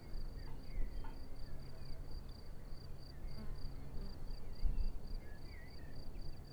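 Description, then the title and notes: Cricket chirping: a steady, high, pulsed trill of about two to three chirps per second over a low engine rumble, with faint bird twitters. Crickets chirping on an unnamed road at Vogtsburg im Kaiserstuhl, Germany, overlooking a wide plain, with small aircraft engine noise. "Unnamed Road, 79235 Vogtsburg im Kaiserstuhl, Deutschland - Grillen zirpen. Zirpen der Grillen. Motorenlärm eines Kleinflugzeugs"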